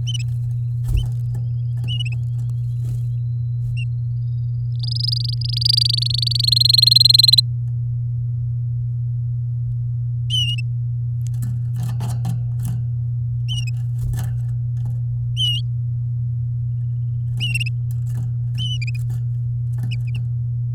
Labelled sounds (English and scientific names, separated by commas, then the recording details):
Domestic Canary (Serinus canaria) song
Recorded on 7 May 2018 at 11:18
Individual llb16